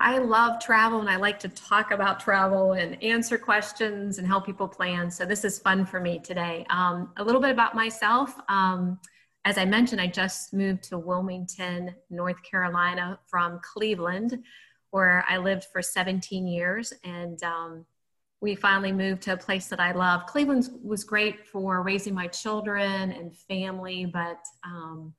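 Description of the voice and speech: A woman speaks fluently in a steady mid-pitched voice, with a few brief filled pauses; ordinary conversational speech.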